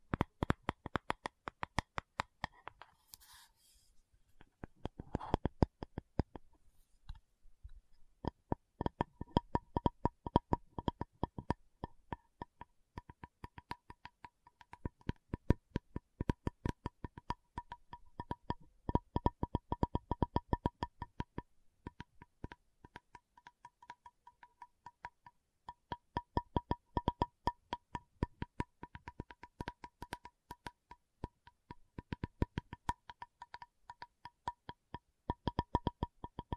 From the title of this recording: Tapping Session (No Talking)